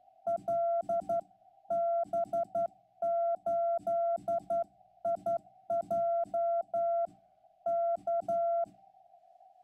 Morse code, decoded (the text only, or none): LB8IJ K